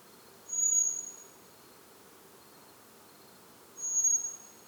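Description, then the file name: Common blackbird thin high whistled call, a steady drawn-out seee note given twice about three seconds apart, over a soft even background hiss. "Turdus merula"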